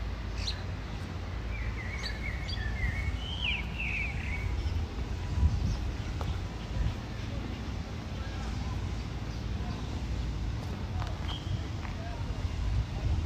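A walk around Tel Aviv University in Ramat Aviv, with a steady low rumble of traffic and footsteps underneath. Scattered voices come and go, and a bird chirps in short bursts around two to four seconds, with a few faint calls later.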